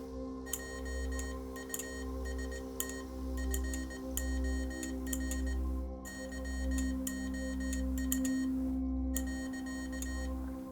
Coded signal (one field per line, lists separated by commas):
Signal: Morse code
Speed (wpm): 18 wpm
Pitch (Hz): 1850 Hz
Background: none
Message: JUST FOR YOU .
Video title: 🌴✨ Morse Code Messages from the Jungle: Colonel Kurtz’s Secret Affirmations for Cherie’s Sister! 📡🎵💖